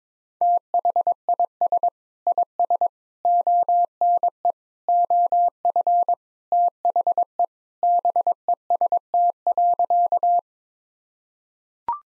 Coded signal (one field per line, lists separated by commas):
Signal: Morse code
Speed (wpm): 21 wpm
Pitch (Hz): 700 Hz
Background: none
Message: THIS IS ONE OF THE BEST.